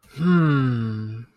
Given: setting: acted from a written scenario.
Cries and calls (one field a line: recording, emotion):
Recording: vocal sound without words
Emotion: contentment